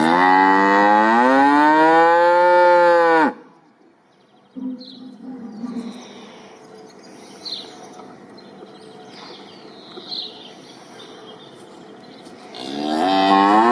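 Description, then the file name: Cow giving a long, loud moo that rises and then falls, a quiet gap with faint high chirps, then another loud moo begins at the end. Cow mooing on a farm. "Krowa"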